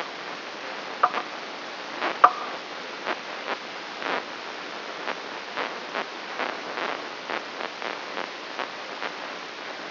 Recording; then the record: brain microelectrode recording played as sound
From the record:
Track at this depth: outside the subthalamic nucleus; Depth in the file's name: 7.86 mm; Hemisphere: left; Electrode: 3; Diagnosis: Parkinson's disease